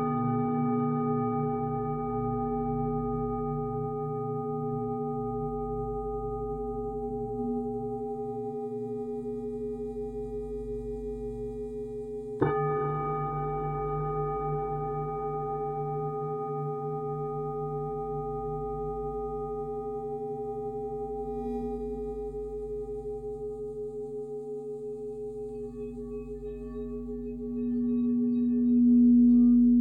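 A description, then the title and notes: Tibetan singing bowls ring in a steady, low humming drone with bright overtones, a fresh strike near twelve seconds, swelling louder at the end. The resonating sounds of the Tibetan singing bowls.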